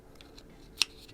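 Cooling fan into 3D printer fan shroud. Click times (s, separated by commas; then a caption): 0.8 s. A second cooling fan is pressed into the plastic fan shroud of an M3D Quad Fusion 3D printer head, opening facing down. A few faint plastic ticks come first, then one sharp, bright snap at 0.8 s as the fan seats in the shroud.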